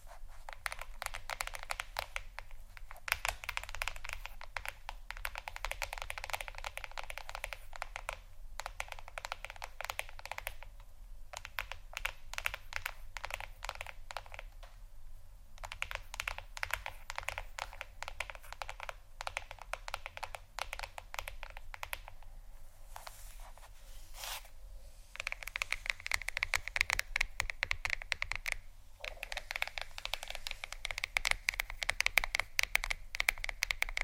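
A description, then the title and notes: Rapid tapping on a phone or tablet screen, a dense stream of small clicks running nearly the whole time with brief pauses around 8, 15 and 24 seconds. The taps are fairly bright, over a low steady hum, growing louder near the end. ASMR Phonetablet Tapping（No Talking）.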